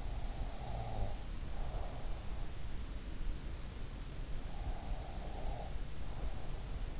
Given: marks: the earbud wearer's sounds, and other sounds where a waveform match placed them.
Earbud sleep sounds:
sounds in sleep by an in-ear microphone; breath
0.04-3.32 s: breath
3.96-7.00 s: breath

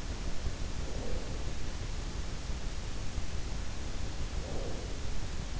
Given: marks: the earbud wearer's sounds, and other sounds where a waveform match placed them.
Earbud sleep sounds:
sounds in sleep by an in-ear microphone; breath
0.39-1.58 s: breath
3.88-4.95 s: breath

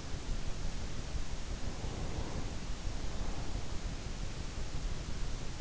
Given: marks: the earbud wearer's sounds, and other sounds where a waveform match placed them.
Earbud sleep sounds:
sounds in sleep by an in-ear microphone; breath
1.70-4.11 s: breath

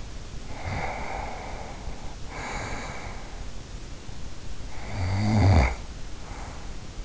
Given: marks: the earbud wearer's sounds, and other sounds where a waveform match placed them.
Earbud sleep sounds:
sounds in sleep by an in-ear microphone; breath, snoring breath
0.43-3.61 s: breath
4.59-7.05 s: snoring breath

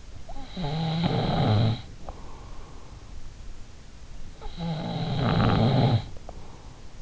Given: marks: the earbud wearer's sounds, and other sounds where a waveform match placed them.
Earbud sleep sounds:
sounds in sleep by an in-ear microphone; snoring breath
0.00-2.63 s: snoring breath
3.94-6.97 s: snoring breath

